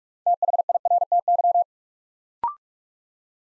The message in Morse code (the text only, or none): THIRTY